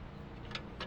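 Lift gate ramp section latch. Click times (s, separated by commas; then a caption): 0.5 s, 0.8 s. A metal loading-ramp section of an ambulance lift gate reaches the end of its travel and its latch unlocks so the flap can be flipped over. Two short ticks sound at 0.6 and 0.8 seconds over a low steady background hum, and the ramp section is released.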